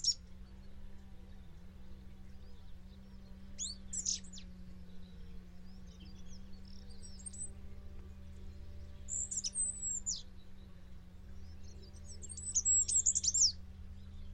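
Bird calls: short bursts of high chirps at intervals of several seconds, with a low steady hum beneath.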